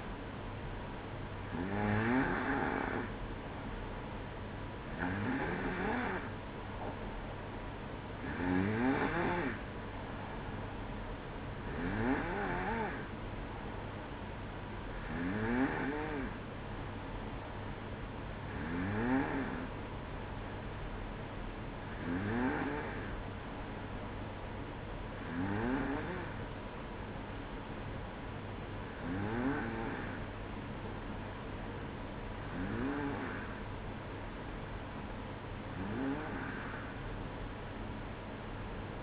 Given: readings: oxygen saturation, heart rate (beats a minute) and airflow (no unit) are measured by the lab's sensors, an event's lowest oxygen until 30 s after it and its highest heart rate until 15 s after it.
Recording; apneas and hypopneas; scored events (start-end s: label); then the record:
breathing in sleep by a voice recorder at the bedside; none
none scored
From the record:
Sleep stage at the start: N2 (light sleep); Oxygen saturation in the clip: 92 to 94%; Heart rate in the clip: 58 to 62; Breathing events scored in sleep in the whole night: 305 in 9.6 hours asleep